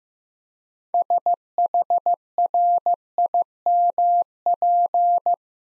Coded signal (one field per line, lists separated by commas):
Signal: Morse code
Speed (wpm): 15 wpm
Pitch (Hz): 700 Hz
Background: none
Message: SHRIMP